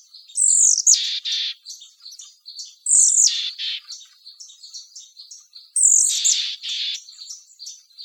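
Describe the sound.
Bird sounding grating mechanical calls, each opening with a high sliding note and breaking into rough buzzy pulses, three bouts about every three seconds.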